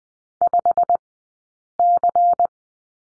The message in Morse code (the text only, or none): 5C